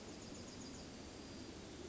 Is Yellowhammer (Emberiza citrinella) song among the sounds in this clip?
yes